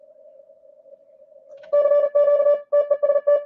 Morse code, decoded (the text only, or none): CQ TEST